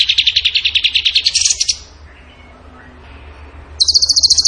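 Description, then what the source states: Bird song: a rapid pulsed trill that rises slightly at its end, nearly two seconds of quiet, then a higher buzzy trill begins. Masteran training recording of bird song in the tembakan gacor style.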